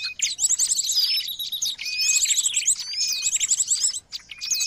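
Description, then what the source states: Birds chattering in a busy chorus, sharp chirps and rapid high trilled bursts repeated in quick succession, with a brief dip near the end. Noisy bird sounds used to lure birds.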